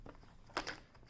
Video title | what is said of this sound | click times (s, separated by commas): Unboxing 60 Bottle Drill Container from HomeCraftology on Amazon | Like you can hear the snap when it closes, | 0.6 s